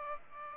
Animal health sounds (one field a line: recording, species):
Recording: mosquito wingbeat signal from an infrared sensor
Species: Aedes aegypti